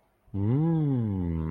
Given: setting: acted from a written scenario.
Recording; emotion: vocal sound without words; awe